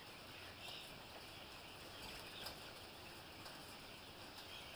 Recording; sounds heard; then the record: poultry house recording; healthy chickens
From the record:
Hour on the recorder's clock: 3